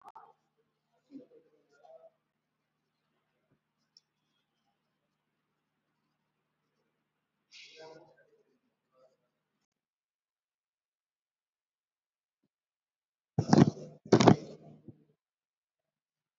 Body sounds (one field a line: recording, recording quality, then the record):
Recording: deep breathing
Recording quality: poor, much background noise or distortion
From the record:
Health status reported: healthy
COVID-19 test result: not tested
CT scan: not taken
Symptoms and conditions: hypertension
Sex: female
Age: 73 years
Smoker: no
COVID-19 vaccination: one dose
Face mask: not worn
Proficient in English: no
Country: India